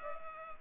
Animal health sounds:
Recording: mosquito wingbeat signal from an infrared sensor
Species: Culex pipiens

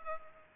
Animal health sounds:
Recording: mosquito wingbeat signal from an infrared sensor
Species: Culex pipiens

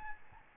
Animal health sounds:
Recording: mosquito wingbeat signal from an infrared sensor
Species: Aedes albopictus

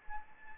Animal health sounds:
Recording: mosquito wingbeat signal from an infrared sensor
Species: Anopheles gambiae

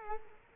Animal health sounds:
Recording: mosquito wingbeat signal from an infrared sensor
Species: Culex quinquefasciatus

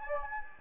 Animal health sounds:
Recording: mosquito wingbeat signal from an infrared sensor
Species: Anopheles gambiae

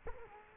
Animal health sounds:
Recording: mosquito wingbeat signal from an infrared sensor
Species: Culex quinquefasciatus

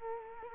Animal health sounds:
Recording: mosquito wingbeat signal from an infrared sensor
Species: Culex quinquefasciatus

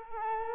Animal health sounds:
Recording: mosquito wingbeat signal from an infrared sensor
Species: Culex quinquefasciatus

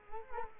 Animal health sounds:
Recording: mosquito wingbeat signal from an infrared sensor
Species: Culex quinquefasciatus

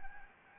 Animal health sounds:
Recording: mosquito wingbeat signal from an infrared sensor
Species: Anopheles gambiae

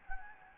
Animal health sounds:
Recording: mosquito wingbeat signal from an infrared sensor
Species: Anopheles gambiae

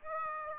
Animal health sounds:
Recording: mosquito wingbeat signal from an infrared sensor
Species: Aedes aegypti

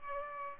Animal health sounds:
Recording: mosquito wingbeat signal from an infrared sensor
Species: Culex pipiens

